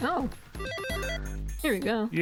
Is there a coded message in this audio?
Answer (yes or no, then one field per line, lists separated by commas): no